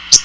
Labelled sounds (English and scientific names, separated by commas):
Common Yellowthroat (Geothlypis trichas) flight call